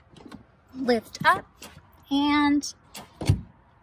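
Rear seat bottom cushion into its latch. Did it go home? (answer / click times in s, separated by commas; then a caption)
yes / 3.0 s. The rear seat bottom cushion of a 2022–2023 Lexus GX is pulled from the center, lifted up, and clicked into its latch while someone talks. A sustained mechanical whine runs from about 2.1 to 2.6 seconds, then a sharp click is heard at 3.0 seconds. The cushion is seated in place.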